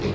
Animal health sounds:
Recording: contact call of a hoofed animal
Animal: pig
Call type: closed-mouth grunt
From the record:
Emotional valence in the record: positive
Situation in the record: food and toys in familiar pen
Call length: 0.15 s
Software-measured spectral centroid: 1890 Hz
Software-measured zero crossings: 1380 a second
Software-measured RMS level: -25 dBFS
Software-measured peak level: -14 dBFS

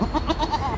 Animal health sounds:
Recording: contact call of a hoofed animal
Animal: goat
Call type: low-frequency (closed-mouth) or high-frequency (open-mouth) call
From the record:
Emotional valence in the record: negative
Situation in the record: short social isolation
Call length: 0.77 s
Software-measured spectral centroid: 1970 Hz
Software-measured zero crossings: 1580 a second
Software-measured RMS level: -24 dBFS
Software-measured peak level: -9 dBFS

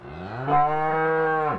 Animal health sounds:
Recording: contact call of a hoofed animal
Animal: cattle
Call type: low-frequency (closed-mouth) or high-frequency (open-mouth) call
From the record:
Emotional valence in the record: negative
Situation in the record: full separation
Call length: 1.59 s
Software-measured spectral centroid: 1060 Hz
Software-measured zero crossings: 1600 a second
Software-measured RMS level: -23 dBFS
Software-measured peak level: -9 dBFS

